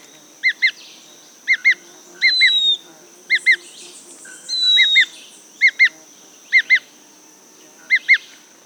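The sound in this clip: Bird giving doubled chirping notes roughly every second, broken by two brief thin falling whistles over a faint constant high hum.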